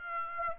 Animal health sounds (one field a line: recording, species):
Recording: mosquito wingbeat signal from an infrared sensor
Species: Aedes aegypti